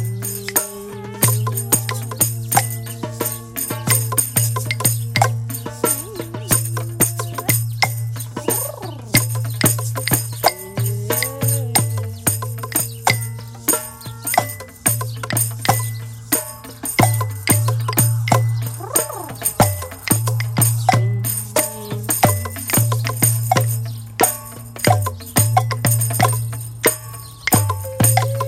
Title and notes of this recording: Opening Drum Circle and psycadelic sirens. In the front yard of the music monastery in east nashville, tn along with all the urban sounds, birds, and next to the majestic bamboo gardens